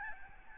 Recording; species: mosquito wingbeat signal from an infrared sensor; Aedes albopictus